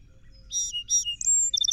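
Song Sparrow song opening: two bright slurred notes, a thin high whistle, then the start of quick repeated high notes before it cuts off.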